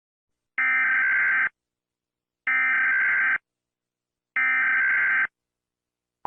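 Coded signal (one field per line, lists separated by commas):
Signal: Emergency Alert System (SAME) tones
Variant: header bursts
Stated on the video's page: Fictional Texas fire EAS scenario; no real event portrayed.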